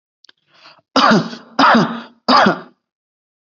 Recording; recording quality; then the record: heavy voluntary cough; excellent, no background noise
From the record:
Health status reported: healthy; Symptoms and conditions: hypertension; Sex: male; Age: 29 years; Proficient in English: yes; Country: India